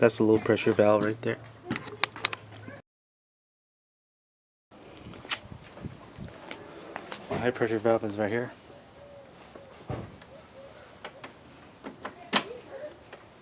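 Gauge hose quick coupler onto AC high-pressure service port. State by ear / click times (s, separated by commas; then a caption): seated / 12.4 s. Someone talks while a manifold gauge hose's quick-connect coupler is pushed onto the high-pressure AC service valve of a Volvo S60 T5 during an AC condenser swap, with sharp ticks near 2.0 s and a brief silent gap from about 2.8 to 4.7 s. A distinct click at 12.4 s marks the coupler locking into place on the service port.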